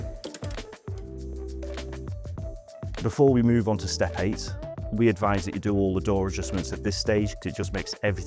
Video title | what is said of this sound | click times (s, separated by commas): VS TAL® Larder (EN) | And then, as you close it, you'll hear a couple of clicks, which is it locking into place. | 0.2 s, 0.3 s, 0.4 s